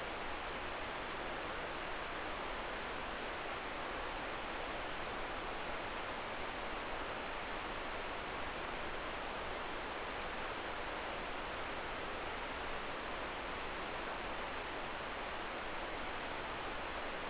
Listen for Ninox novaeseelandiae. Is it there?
no